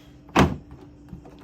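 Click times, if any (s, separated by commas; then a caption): none. A plastic trim panel on the body of a Sea-Doo GTI SE 170 personal watercraft, part of fixing loose speakers, is slid forward to lock it into its clip. A short scraping burst of sliding plastic comes at about 0.4 s, followed only by faint light ticks. The panel has not locked in, and nothing has clicked or seated yet.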